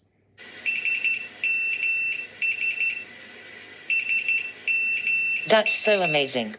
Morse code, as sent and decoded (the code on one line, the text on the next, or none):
... -- ... / ... -- ...
SMS SMS